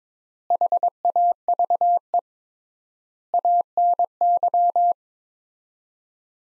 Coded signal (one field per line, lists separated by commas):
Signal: Morse code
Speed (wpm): 22 wpm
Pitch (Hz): 700 Hz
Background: none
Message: HAVE ANY